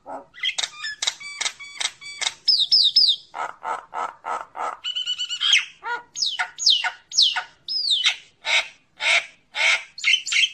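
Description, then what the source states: Common myna chattering with sharp clicks, a brief buzzy rattle, and a steady series of harsh, downslurred notes. Calling the flock.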